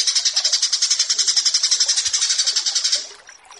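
Horsfield's bush lark song, a rapid, dense, high buzzy chatter pulsing fast, fading out after three seconds.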